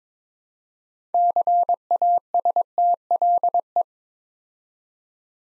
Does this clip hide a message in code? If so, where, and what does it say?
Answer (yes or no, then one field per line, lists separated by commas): yes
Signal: Morse code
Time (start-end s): 1.1-3.8 s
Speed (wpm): 22 wpm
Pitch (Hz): 700 Hz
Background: none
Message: CASTLE